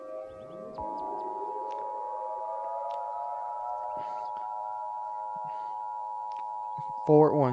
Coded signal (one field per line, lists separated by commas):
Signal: Emergency Alert System (SAME) tones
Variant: 853 and 960 Hz attention tone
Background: speech